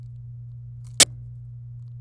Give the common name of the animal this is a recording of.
Domestic Canary